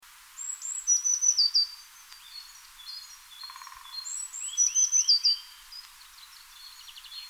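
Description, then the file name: Eurasian blue tit song: two phrases of high thin notes running into a quick trill. "Cyanistes caeruleus"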